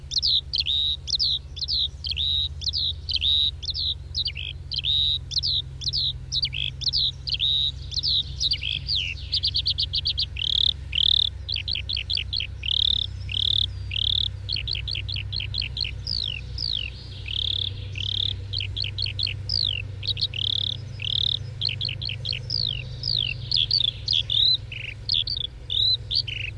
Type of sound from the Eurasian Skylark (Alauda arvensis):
flight song